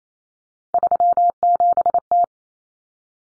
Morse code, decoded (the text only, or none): 37T